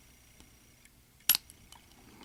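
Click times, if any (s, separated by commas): 1.3 s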